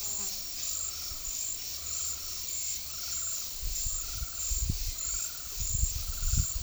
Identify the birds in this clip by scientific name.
none